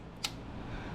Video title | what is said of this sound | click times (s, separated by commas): 1998 Ford Ranger 4R44E Transmission reassembly | snaps into place | 0.2 s